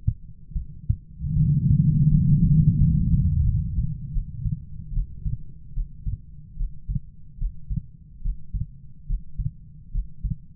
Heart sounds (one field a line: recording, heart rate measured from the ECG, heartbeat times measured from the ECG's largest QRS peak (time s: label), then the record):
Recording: heart sounds by stethoscope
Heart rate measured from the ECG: 77 bpm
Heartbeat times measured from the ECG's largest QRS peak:
0.54 s: heartbeat
1.34 s: heartbeat
2.09 s: heartbeat
2.78 s: heartbeat
3.44 s: heartbeat
4.13 s: heartbeat
4.93 s: heartbeat
5.74 s: heartbeat
6.57 s: heartbeat
7.38 s: heartbeat
8.22 s: heartbeat
9.07 s: heartbeat
9.91 s: heartbeat
From the record:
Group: healthy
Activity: rest 0-3 s, breath hold 3-11 s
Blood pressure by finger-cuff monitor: 139/83 mmHg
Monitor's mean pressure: 100 mmHg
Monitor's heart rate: 74 bpm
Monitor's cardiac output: 7 L/min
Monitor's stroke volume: 91 mL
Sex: female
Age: 22 years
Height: 161 cm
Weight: 65.5 kg